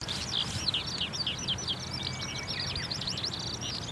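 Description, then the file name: Eurasian skylark song, a rapid burst of chirping, rolling notes over a low background hum, with one thin level whistle drawn out in the middle. "hibari"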